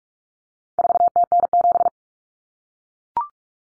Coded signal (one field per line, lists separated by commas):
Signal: Morse code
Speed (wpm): 44 wpm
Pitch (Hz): 700 Hz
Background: none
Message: 4TN7